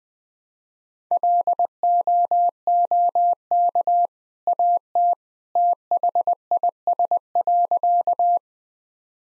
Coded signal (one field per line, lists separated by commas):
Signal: Morse code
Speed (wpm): 20 wpm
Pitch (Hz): 700 Hz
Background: none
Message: LOOK AT THIS.